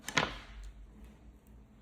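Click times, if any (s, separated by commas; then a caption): 0.2 s. A plastic key fob cover on a 2018 Volvo XC90 key fob is pushed until its clip releases from the fob body, giving a faint tick at 0.1 s and then a sharp click at 0.2 s. The housing opens to reach the battery, followed by quiet low rumble.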